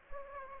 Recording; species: mosquito wingbeat signal from an infrared sensor; Aedes aegypti